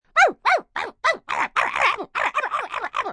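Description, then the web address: Dog yapping: a rapid, uneven burst of about a dozen sharp, high barks, the later ones coming quicker and rougher, with no other sounds. Yappy dog barking. "Voice Box. Dog Yappy"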